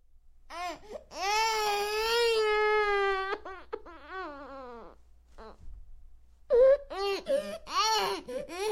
Baby Crying, Human.